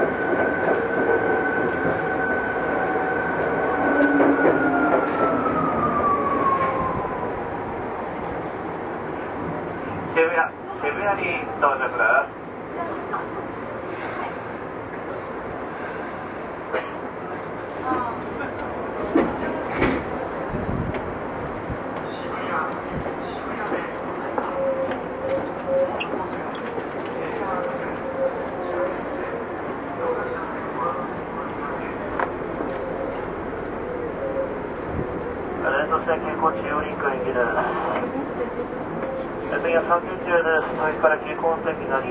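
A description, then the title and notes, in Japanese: Tokyu 8500 series train ride: a high motor whine falls away in the first eight seconds, then steady rumbling with clatter bursts and voices. 東急8500系 表参道〜あざみ野。東京メトロ→東急区間の録音です。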